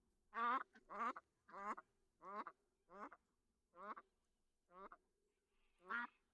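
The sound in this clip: Duck quacks: eight nasal quacks spaced roughly half a second to a second apart, against near silence.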